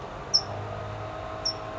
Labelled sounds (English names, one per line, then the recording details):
California Towhee
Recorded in Sonoma County, California